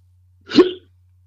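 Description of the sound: A single abrupt, voiced 'hic' from an adult man, lasting about a third of a second, with a sharp onset and a quick fall, against a faint steady low hum. This is a typical hiccup, a sudden involuntary catch of breath, occurring during conversation.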